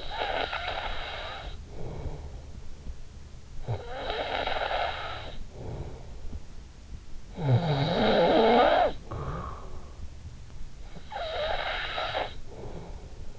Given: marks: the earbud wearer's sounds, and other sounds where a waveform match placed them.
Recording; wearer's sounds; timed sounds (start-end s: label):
sounds in sleep by an in-ear microphone; snoring breath
0.00-13.39 s: snoring breath